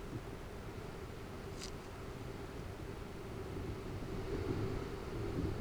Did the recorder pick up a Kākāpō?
no